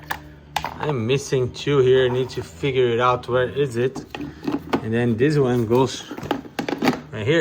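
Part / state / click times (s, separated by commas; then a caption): plastic cover piece into the body of a kids' ride-on car / not seated / none. Someone talks while handling a plastic cover piece at the wheel cover area of a 12V Chevrolet Colorado kids' ride-on car, placing it against the body. Brief sharp knocks are heard around 0.6 s and 6.6–6.9 s, but nothing has seated or clicked yet.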